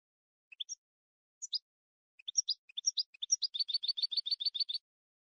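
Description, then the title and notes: European goldfinch song: scattered bright twittering notes that build into a fast, rapid, tinkling trill of repeated high phrases toward the end; no other sounds. Clean goldfinch song recording made as training material for teaching song to other birds. "Cd de canto de jilguero limpio para copia."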